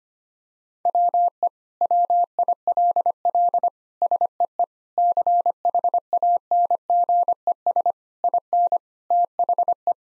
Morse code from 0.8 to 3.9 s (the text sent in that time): WE WILL